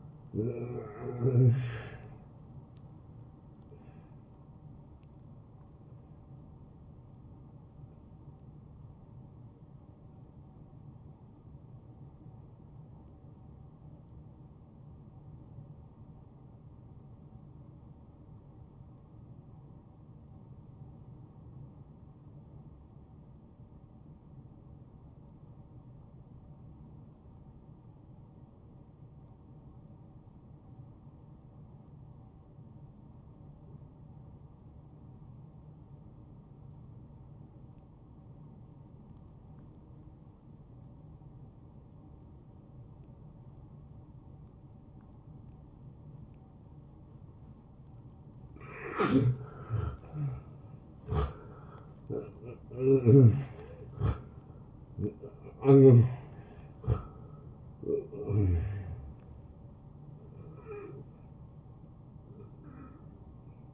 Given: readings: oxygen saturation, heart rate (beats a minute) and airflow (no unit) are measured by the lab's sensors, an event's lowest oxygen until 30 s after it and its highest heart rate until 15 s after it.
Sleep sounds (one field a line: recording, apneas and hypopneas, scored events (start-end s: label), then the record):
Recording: breathing in sleep by a smartphone at the bedside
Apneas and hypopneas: 1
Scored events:
4.00-63.73 s: new sleep stage, N1 (lightest sleep)
8.00-49.30 s: hypopnea (N1, oxygen 95% highest, then 84% lowest)
From the record:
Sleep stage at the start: N2 (light sleep)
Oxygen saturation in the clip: 86 to 95%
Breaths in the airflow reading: 7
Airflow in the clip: -21.3 to 11.7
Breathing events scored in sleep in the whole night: 263 in 5.5 hours asleep